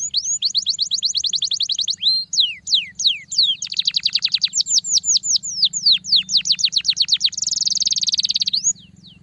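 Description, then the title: Belgian canary song: fast runs of sharp descending whistled notes in rolling tours, shifting speed, ending with a dense buzzy trill. Belgian canary song played to warm up a canary; starblue canary, original sound, long duration. "Canto Para Esquentar Canário Belga. Masteran Burung kicau - Kenari starblue Suara asli"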